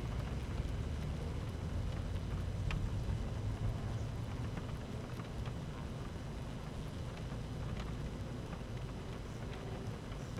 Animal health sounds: honeybee colony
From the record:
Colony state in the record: active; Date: 12 June 2018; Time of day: 13:21

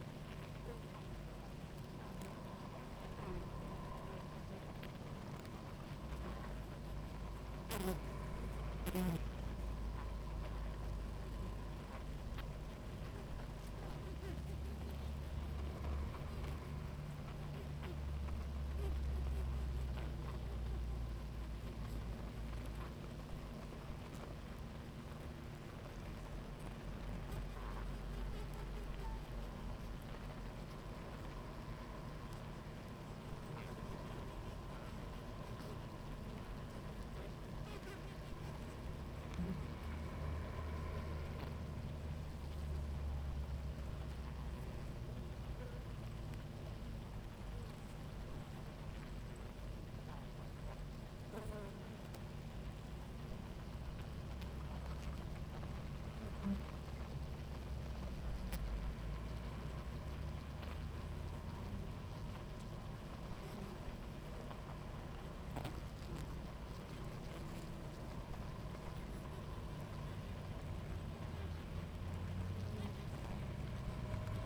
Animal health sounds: honeybee colony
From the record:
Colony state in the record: active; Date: 28 July 2017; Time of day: 17:40

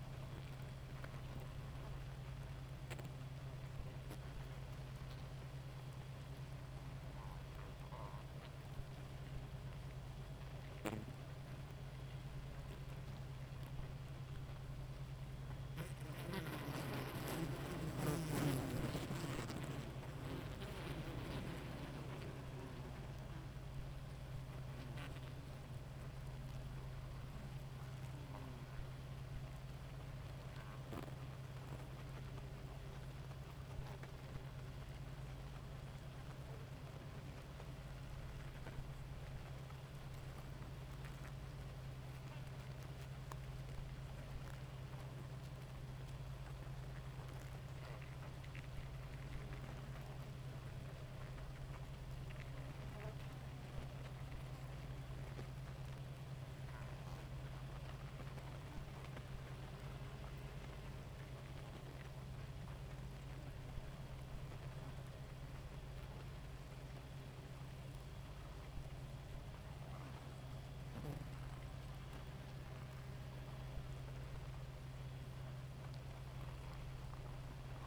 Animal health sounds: honeybee colony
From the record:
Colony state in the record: active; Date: 28 July 2017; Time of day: 2:24

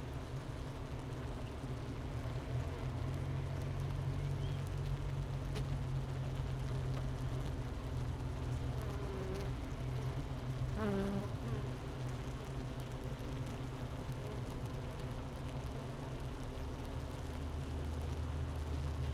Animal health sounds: honeybee colony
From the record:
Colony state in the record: missing queen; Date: 31 May 2018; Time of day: 10:44

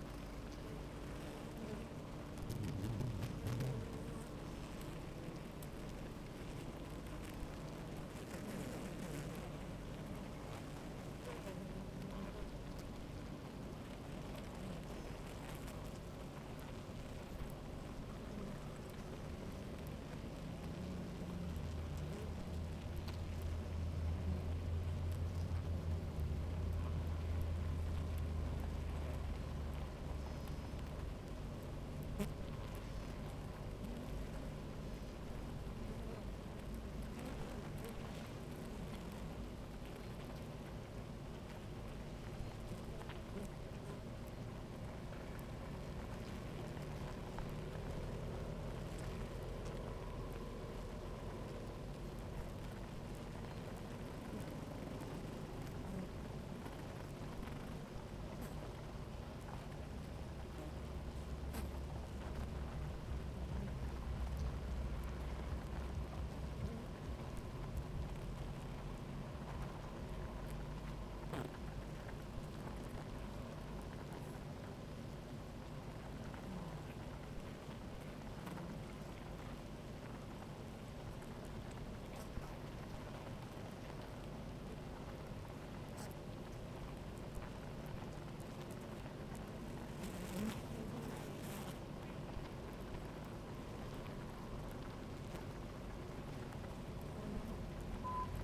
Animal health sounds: honeybee colony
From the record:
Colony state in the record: active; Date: 28 July 2017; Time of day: 16:33

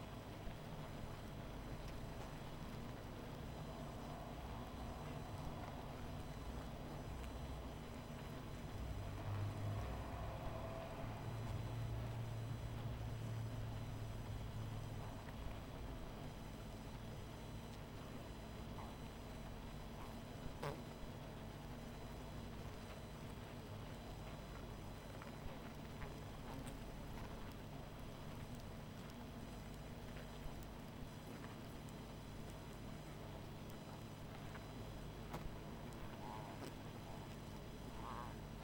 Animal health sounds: honeybee colony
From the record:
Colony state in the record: missing queen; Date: 14 July 2017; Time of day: 20:14

